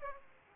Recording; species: mosquito wingbeat signal from an infrared sensor; Aedes aegypti